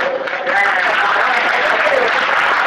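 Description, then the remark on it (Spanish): Applause from an audience at the 2009 proclamation speech of the San Juan town festival: dense, steady clapping that swells within the first half second and stays loud throughout, with voices and cheering mixed into the noise. “y nada, que tenga suerte, que vaya bien, que sin duda va a ser así, que te aplaudan mucho, pues te aplaudiremos, y que el viaje de vuelta sea bueno.”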